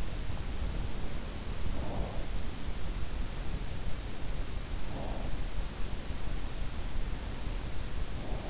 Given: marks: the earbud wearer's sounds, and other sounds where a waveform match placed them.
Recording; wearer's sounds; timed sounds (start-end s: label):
sounds in sleep by an in-ear microphone; breath
1.66-2.50 s: breath
4.89-5.60 s: breath